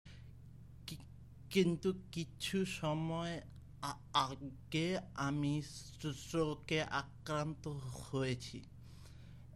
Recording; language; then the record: elicited speech; Bengali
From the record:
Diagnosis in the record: Broca's or global aphasia after a stroke